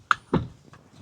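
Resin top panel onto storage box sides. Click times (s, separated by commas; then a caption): 0.1 s. A resin top panel of an EAST OAK 60-gallon outdoor deck storage box is placed over the side panels and given a firm press. A sharp click at 0.1 s marks it locking into place, followed by a softer, duller knock at about 0.35 s. The top panel is seated.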